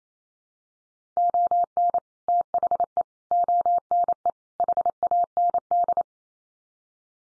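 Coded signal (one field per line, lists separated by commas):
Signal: Morse code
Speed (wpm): 28 wpm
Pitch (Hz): 700 Hz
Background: none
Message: ON THE ONE HAND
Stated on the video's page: Morse code head-copy practice of common four-word groups at 28 wpm, each set sent in Morse, spoken, then sent again.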